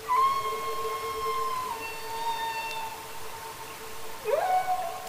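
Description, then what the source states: Humpback whale song: a long sustained tonal note with clear harmonics, slowly falling, then a sudden upward swoop into another held tone. Songs mostly made by males, likely used to attract a mate.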